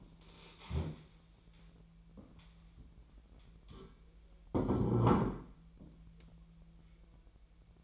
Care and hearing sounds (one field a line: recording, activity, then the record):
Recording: daily activity, microphone in the room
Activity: stand up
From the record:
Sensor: 1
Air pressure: 1001.6 hPa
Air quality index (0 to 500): 248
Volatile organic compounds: 121 ppm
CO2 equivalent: 3881 ppm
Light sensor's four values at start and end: 14/34/14/16 and 14/33/14/15